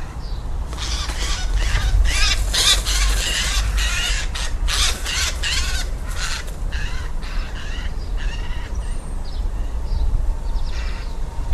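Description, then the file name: Eurasian jay giving harsh, rasping screeches in an irregular series, over a constant low rumble. "Garrulus glandarius"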